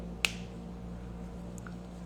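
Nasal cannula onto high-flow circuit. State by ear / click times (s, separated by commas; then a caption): seated / 0.2 s. An adult size G plastic nasal cannula is pushed onto a heated high-flow circuit, giving one sharp, bright snap at 0.2 s over a steady low hum. Two faint ticks follow near 1.6 s and 1.7 s. The click confirms the cannula is seated on the circuit.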